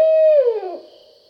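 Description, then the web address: Barred owl call already under way: a held hoot that bends downward and fades out in a drawling slur, with a faint high hum behind it. Recorded on 20 July 2012. "Barred Owl 2012 07 20"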